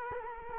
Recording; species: mosquito wingbeat signal from an infrared sensor; Culex quinquefasciatus